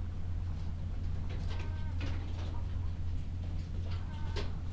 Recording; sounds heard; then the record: poultry house recording; sick chickens (respiratory disease)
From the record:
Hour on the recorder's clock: 12